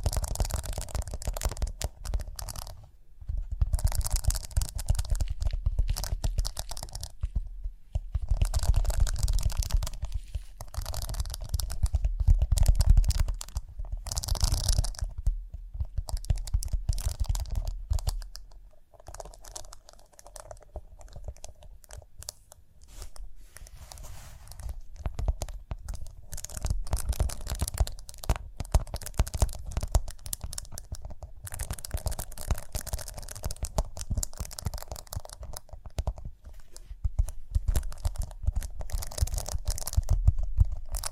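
Rhinestones are tapped, scratched and brushed in a dense, busy stream of small crackling and rasping sounds. The texture stays fairly constant for the whole stretch, with brief dips in level around 3, 8, 18 and 25 seconds. A soft low rumble runs underneath.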